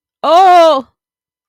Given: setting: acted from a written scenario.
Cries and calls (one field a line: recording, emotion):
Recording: vocal sound without words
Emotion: distress